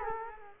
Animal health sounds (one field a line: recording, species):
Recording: mosquito wingbeat signal from an infrared sensor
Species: Culex quinquefasciatus